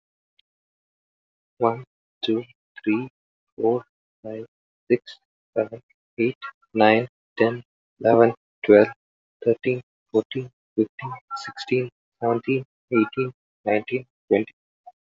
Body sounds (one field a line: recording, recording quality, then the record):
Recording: counting at a normal pace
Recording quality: excellent, no background noise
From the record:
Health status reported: healthy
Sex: male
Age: 28 years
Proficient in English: yes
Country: India